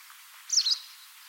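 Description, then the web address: Bird giving a single quick, high chirp, with faint background hiss and nothing else. "Deverinetal 2025 File origin Bird Only"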